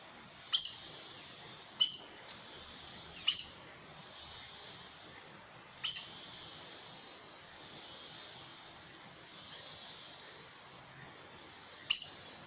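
Aracari calls: single sharp, high squeaky notes at irregular intervals, with a long gap before the last note.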